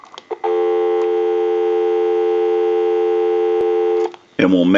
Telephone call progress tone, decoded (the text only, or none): dial tone